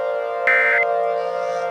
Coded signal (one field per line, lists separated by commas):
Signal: Emergency Alert System (SAME) tones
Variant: end-of-message bursts